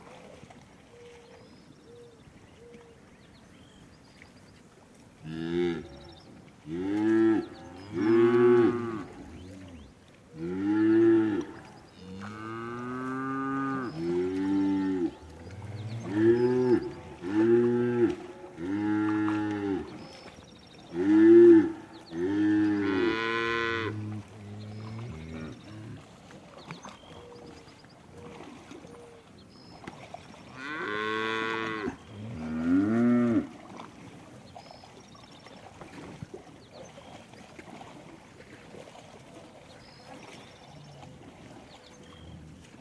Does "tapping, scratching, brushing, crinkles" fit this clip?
no